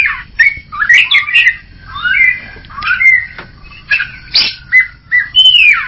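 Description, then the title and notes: Greater green leafbird song: a rich, varied run of clear whistled notes, slurred rising and falling phrases and short chips, delivered in quick bursts with brief pauses between them. Described as a champion singer. "Kicau Burung Cucak Ijo Juara. Suara kicauan burung cucak ijo"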